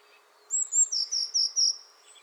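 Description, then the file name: Eurasian blue tit calling: a long, thin whistled note leading into a quick series of four lower, evenly spaced ringing notes. "Cyanistes caeruleus"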